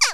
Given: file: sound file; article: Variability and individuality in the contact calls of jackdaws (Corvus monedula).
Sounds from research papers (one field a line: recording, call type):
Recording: jackdaw call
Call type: harmonic